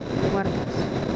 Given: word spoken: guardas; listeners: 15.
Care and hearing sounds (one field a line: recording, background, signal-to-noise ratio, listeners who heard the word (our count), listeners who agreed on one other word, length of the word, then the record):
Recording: one Spanish word in noise, from a listening test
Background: noise modulated by three-talker babble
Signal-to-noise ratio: -6.2 dB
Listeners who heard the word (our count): 2 of 15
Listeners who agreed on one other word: 8 of 15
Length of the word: 0.76 s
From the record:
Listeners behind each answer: 8, 2, 2, 1, 1, 1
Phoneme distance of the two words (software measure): 20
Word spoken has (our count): 2 syllables, 7 phonemes, stress on syllable 1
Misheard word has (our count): 2 syllables, 7 phonemes, stress on syllable 1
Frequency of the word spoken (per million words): 2.01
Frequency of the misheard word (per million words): 3.64